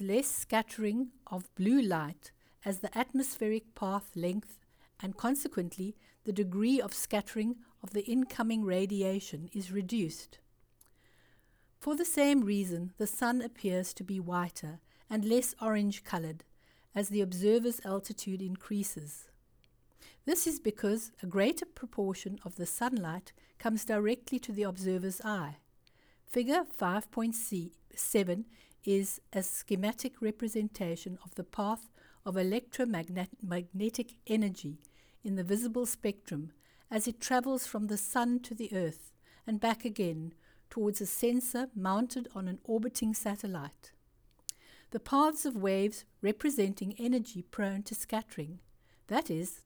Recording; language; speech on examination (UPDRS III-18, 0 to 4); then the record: text read into a phone; English; 0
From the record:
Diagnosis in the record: Parkinson's disease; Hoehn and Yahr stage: 2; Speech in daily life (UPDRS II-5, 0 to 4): 0